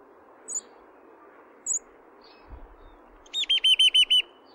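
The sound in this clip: Song thrush: a few scattered high notes, then a quick burst of six identical looping notes repeated in a row.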